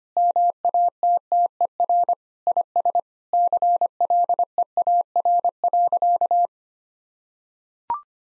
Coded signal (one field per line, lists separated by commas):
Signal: Morse code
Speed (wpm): 25 wpm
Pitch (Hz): 700 Hz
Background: none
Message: MATTER IS CLEAR.